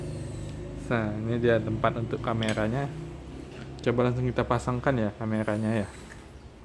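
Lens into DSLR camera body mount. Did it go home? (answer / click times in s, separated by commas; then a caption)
yes / 6.1 s. A lens is fitted onto the mount of a Canon EOS 200D (Rebel SL2) DSLR camera body and turned until it locks in place. Someone talks through most of the clip, and a short, quiet click is heard at 6.1 s as the lens seats and locks onto the body.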